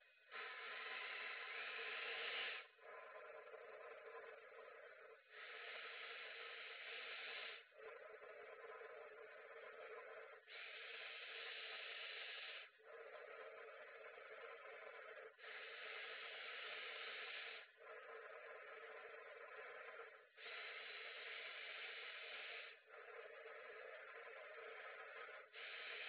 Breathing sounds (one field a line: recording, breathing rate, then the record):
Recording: paced breathing near a phone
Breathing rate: 12 breaths a minute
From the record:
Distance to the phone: 20 cm